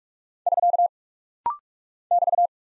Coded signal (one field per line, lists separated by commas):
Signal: Morse code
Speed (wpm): 46 wpm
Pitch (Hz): 700 Hz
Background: none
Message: <SK> <BT>